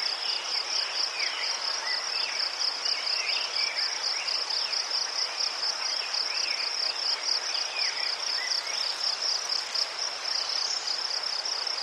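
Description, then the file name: Crickets give a chorus of rapid high pulses without pause, with short bird whistles in the background. Crickets in a forest, with birds and a river in the distance. "les sverchki ptici i shum reki vdaleke"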